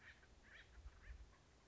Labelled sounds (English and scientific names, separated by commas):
Acorn Woodpecker (Melanerpes formicivorus)